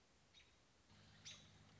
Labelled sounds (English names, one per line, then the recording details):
American Robin
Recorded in Sonoma County, California